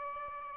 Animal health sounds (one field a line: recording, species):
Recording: mosquito wingbeat signal from an infrared sensor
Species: Aedes albopictus